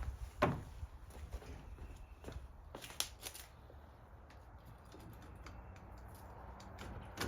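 The outside key-side housing of a combination deadbolt set is pressed into the door bore, and sharp snaps are heard at about 0.4 s and 3.0 s as it seats in place. After a few softer handling knocks and faint rustling, someone talks.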